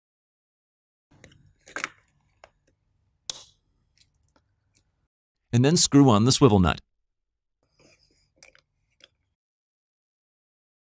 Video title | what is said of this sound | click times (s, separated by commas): Sunny Tripower 3.0-6.0: installation | push the connector together till you hear a click and then | 3.3 s